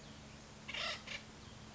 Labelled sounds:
Acorn Woodpecker (Melanerpes formicivorus)
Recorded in Sonoma County, California

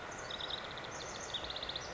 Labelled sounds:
House Wren (Troglodytes aedon)
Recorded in Sonoma County, California

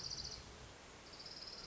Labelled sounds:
Orange-crowned Warbler (Leiothlypis celata)
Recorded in Sonoma County, California

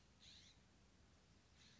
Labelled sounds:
California Scrub-Jay (Aphelocoma californica)
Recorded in Sonoma County, California

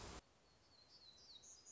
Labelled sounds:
Black-throated Gray Warbler (Setophaga nigrescens)
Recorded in Sonoma County, California

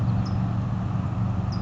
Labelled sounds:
California Towhee (Melozone crissalis)
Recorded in Sonoma County, California

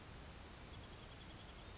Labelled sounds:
Grasshopper Sparrow (Ammodramus savannarum)
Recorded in Sonoma County, California

